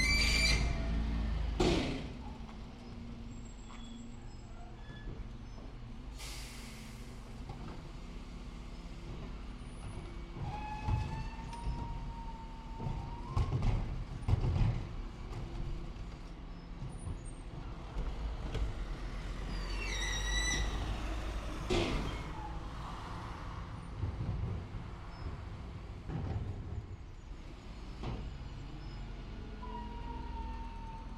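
A suburban street in spring where a bin lorry rumbles and hisses its brakes, with birdsong chirping over the steady engine.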